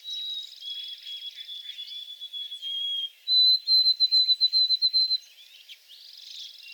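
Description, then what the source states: White-throated sparrow song: a long pure whistle stepping slightly lower, then a higher run of quick repeated whistled notes, with faint bird chatter behind. Recorded 28 April 2022 in shrubs at the back.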